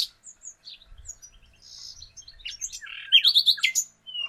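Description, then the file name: Common nightingale song with soft scattered notes and a brief whistle, then a louder burst of fast repeated chirps. "Luscinia megarhynchos"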